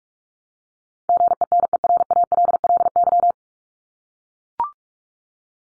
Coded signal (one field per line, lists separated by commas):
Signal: Morse code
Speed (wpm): 44 wpm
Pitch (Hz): 700 Hz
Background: none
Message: GENERALLY